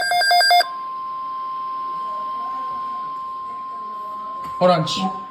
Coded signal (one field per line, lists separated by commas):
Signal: Emergency Alert System (SAME) tones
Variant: 1050 Hz attention tone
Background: speech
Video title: Severe Thunderstorm Watch EAS 157